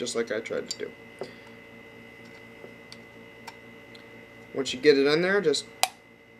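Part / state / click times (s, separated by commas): magno kit part into the device body / seated / 5.8 s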